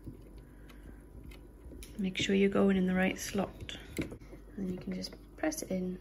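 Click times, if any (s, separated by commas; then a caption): none. A microSD memory card is handled and lined up at a security camera's card slot, with care taken to use the right slot, before it is pressed in. Small handling ticks and taps sound near 0.4, 0.7, 1.3 and 1.8 seconds, and someone talks from about 2 seconds on. The card has not yet seated or clicked into place.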